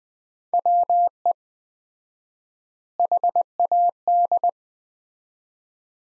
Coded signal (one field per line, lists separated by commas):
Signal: Morse code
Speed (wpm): 21 wpm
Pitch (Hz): 700 Hz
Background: none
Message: WE HAD